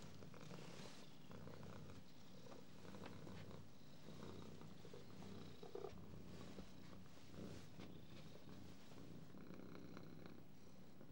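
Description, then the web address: Low, soft cat purr pulsing steadily. "The BBC Sound Effects Library - Complete 60 CDs Collection Sound Effects Library (Animals Birds) Cat"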